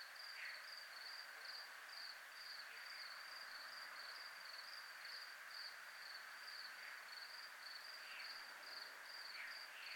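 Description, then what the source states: Crickets giving a steady, evenly pulsed high trill for the whole stretch, with faint buzzy insect notes now and then. Crickets recorded in a military zone.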